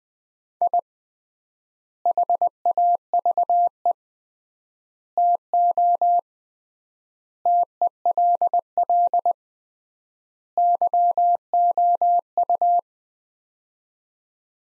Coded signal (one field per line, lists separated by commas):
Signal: Morse code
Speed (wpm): 20 wpm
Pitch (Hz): 700 Hz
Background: none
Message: I HAVE TO TELL YOU